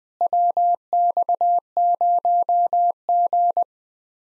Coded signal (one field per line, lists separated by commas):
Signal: Morse code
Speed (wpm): 20 wpm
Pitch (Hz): 700 Hz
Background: none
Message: WX0G